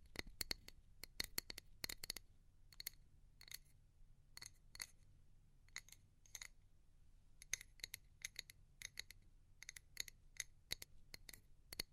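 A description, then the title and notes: Tapping in quick bursts and slower single strikes, sharp bright clicks with a ringing edge, over a faint steady low hum throughout. ASMR Pure Tapping Fast and Slow (No Talking).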